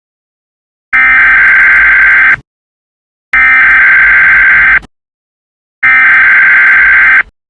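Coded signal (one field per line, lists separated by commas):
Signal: Emergency Alert System (SAME) tones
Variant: header bursts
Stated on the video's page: Simulated EAS tones from a fictional film scenario about China at war with Hong Kong.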